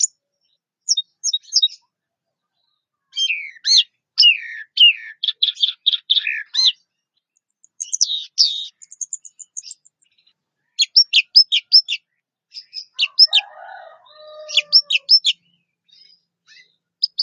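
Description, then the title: Orange-headed thrush song: long varied sequence of chirps, trills and sharp repeated notes, with a lower buzzy sound briefly mixed in near the end. "Anis Merah"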